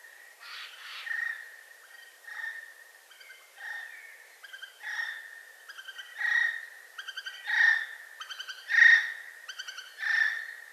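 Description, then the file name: Eurasian jay giving a varied series of harsh and tonal notes, with some rapid rattling bursts. "Garrulus glandarius"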